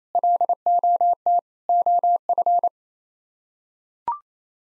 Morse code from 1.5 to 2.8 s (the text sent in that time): OF